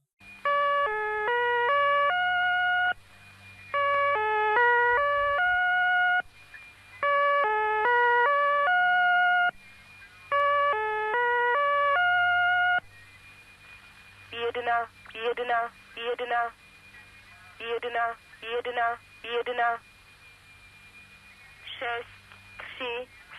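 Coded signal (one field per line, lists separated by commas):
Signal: numbers station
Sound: four-note descending electronic tune repeated four times, then short clipped spoken syllables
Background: radio static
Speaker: that is an example of a number station broadcast and those you admit they it's kind of weird sounding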